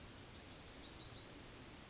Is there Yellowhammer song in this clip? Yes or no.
yes